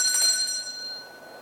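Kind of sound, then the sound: sound effect, small bell ringing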